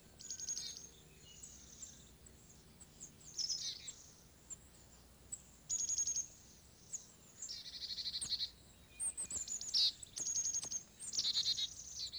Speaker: the sweet song of the chickadee.